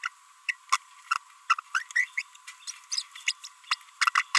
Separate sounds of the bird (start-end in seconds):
0.04-0.08, 0.48-0.54, 1.50-1.54, 1.74-1.83, 1.91-2.06, 2.17-2.22, 2.48-2.51, 2.92-3.02, 3.27-3.32, 3.44-3.47, 3.71-3.75, 4.01-4.09, 4.15-4.22